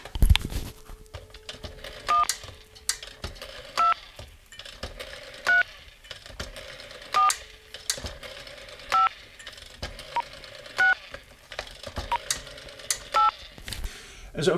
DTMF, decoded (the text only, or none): 1 2 3 4 5 6 8